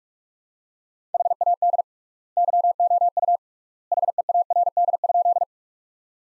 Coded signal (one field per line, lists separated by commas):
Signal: Morse code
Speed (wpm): 47 wpm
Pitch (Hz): 700 Hz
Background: none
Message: HAD YOU HEARD?